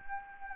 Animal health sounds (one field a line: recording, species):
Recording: mosquito wingbeat signal from an infrared sensor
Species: Anopheles gambiae